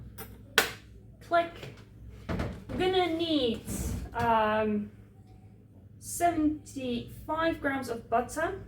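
A metal beater is pushed into a hand mixer while starting an upside-down cake. It clicks into place with a single sharp, loud snap at 0.6 s. Someone then talks over faint kitchen clatter.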